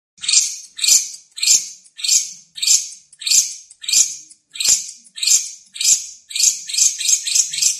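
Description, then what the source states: Lovebird giving harsh, scratchy, high chirps repeated about every half second, quickening into a tighter burst of calls at the end. Lovebird singing in the konslet style.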